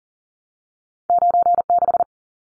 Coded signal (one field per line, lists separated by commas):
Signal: Morse code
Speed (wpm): 40 wpm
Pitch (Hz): 700 Hz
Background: none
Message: 96